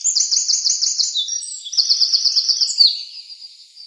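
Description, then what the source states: Eurasian wren song with shrill, machine-gun trills and quick warbled notes running continuously, then tailing off into softer high notes. Recorded 24 April 2013.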